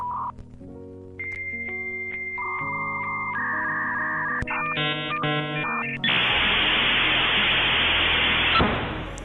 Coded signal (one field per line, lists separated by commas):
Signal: dial-up modem handshake